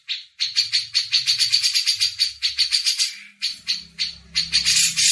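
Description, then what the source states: Grey-cheeked bulbul giving rapid harsh rattling notes, with brief pauses and a faint low hum underneath. Masteran training audio.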